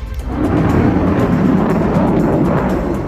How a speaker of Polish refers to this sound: Uczestnicy pokazów mówili, że szczególne wrażenie robią występy pilotów w samolotach odrzutowych, takich jak F-16 czy Su-22.